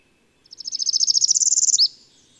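Bird song: a fast, high trill of many rhythmic notes, rising slightly, closing with a sharp separate note.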